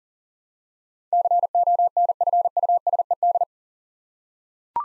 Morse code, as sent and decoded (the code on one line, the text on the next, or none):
-.-. --- -. ..-. ..- ... . -..
CONFUSED